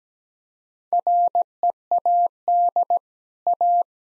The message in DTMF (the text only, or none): none